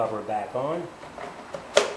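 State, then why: Seated. A plastic cover is put back over the fuse box of a Honda and pushed down by hand until it clips on. Someone talks, then a short, sharp click is heard at 1.8 seconds as the cover seats.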